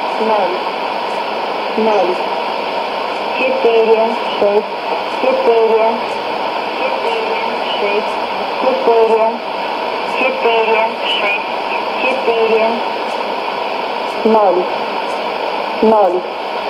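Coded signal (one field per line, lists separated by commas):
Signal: numbers station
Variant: S06s, Russian female voice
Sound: female voice reading short, evenly spaced Russian number words through hissy shortwave noise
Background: radio static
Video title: 31 05 2017 Numbers station S06s Russian Lady in Russian to Eu 0832 on 11565 unknown tx site in CUSB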